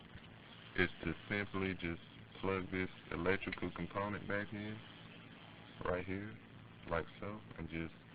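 Someone talks while handling the electrical connector of a 1995 Mazda MX6 fuel pump, bringing the plug back toward its plastic socket on the fuel pump assembly. Only speech is heard, and nothing has seated or clicked yet.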